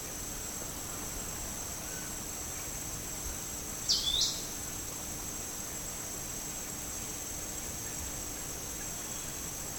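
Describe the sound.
Forest elaenia call: one quick, high, sharp double note near the middle, with a constant high-pitched insect hum behind it.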